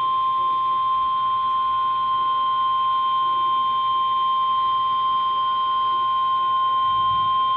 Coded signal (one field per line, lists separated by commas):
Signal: Emergency Alert System (SAME) tones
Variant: 1050 Hz attention tone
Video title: EAS alert flash flood/western fort bend county